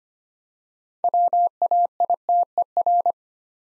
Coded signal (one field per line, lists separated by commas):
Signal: Morse code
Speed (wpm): 25 wpm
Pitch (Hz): 700 Hz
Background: none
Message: WAITER